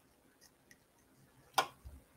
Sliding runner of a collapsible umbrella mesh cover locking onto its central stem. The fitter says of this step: That goes in there until it clicks.